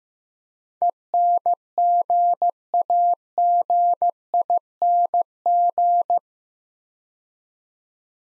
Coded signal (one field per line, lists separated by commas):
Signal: Morse code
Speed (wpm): 15 wpm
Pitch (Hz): 700 Hz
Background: none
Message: ENGAGING